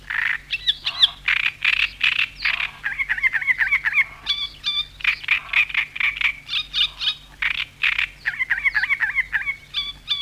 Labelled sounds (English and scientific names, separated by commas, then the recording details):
Great Reed Warbler (Acrocephalus arundinaceus)
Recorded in the wild
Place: Gummern (Schnackenburg), Niedersachsen, DE
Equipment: Halbspur, 9,5 cm/s
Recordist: Lütgens, Hans